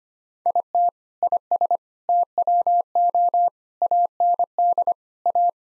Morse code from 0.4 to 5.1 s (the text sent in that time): IT IS TWO AND